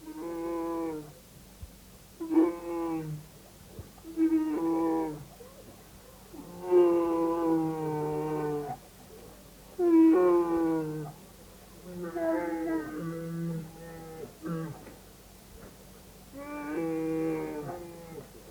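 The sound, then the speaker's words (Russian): A bear roars plaintively in a series of about eight drawn-out, whining cries, each wavering and sliding in pitch, fairly loud over a low steady hum. “Медведь рычал плаксиво, так врать, мол, некрасиво.”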